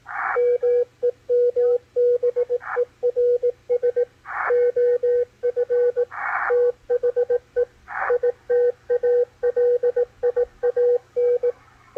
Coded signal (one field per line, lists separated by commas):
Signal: Morse code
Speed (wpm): 18 wpm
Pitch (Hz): 490 Hz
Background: radio noise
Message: MEMBERS OF THE ITALIAN